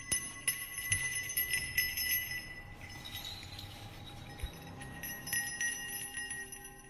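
A small bell at a gate jingles and tinkles in bright, repeated metallic rings, with sharp clinks scattered through a steady shimmer and a low rumble underneath.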